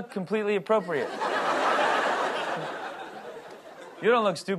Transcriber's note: soundbite of laughter